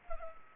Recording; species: mosquito wingbeat signal from an infrared sensor; Culex pipiens